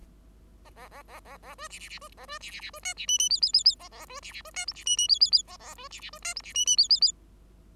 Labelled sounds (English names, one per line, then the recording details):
Bengalese Finch song
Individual Bird5